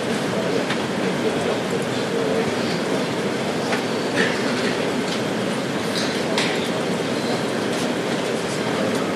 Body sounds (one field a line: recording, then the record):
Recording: background sound without coughing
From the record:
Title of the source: Office Sounds Ambience - Background Noise for Study and Work